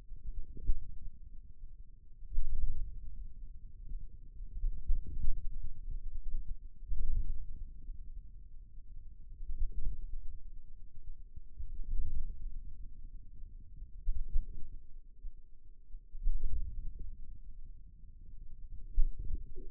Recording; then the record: forearm muscle sounds (acoustic myography)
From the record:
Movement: wrist flexion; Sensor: system 2, bracelet of six BSWA MPA416 microphones around the upper forearm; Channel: 3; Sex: male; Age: 22 years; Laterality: right